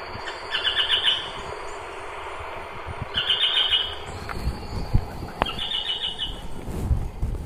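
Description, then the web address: Tacarcuna tapaculo giving short buzzy trilled bursts, high-pitched, three bursts about two to three seconds apart, over a low rumbling background. "Tacarcuna tapaculo. صدای-پرنده-تپلک-پانامایی"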